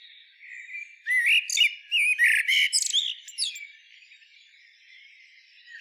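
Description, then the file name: Common blackbird delivering a dense rush of squeaky, chattering notes for about two seconds, then fading to faint high twittering. "Turdus merula"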